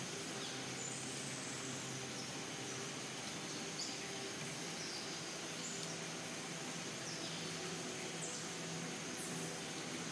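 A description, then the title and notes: A steady, dense rush like falling water fills the rainforest scene from start to finish. Faint high bird chirps and short rising calls surface every second or two, over a soft, constant hum underneath. Serene rainforest soundscapes and ambient music.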